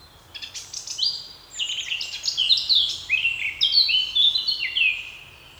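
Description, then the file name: Eurasian blackcap song, a brisk run of sweet whistled and chattering notes, building into rich fluting phrases that flow for several seconds. "Sylvia atricapilla"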